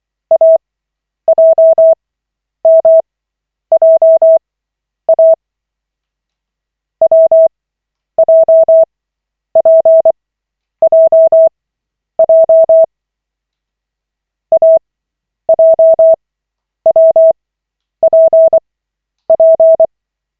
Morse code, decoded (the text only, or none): AJMJA WJPJJ AJWPP